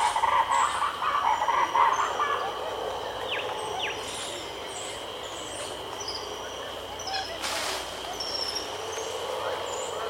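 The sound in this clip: Wedge-capped capuchin calls: chattering notes in the first two seconds, then quieter, with a steady insect tone, a couple of brief falling whistles and a noisy burst.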